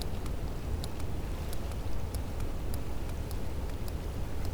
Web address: Physeter Macrocephalus cachalot